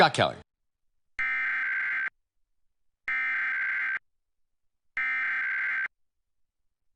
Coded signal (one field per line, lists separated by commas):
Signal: Emergency Alert System (SAME) tones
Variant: header bursts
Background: speech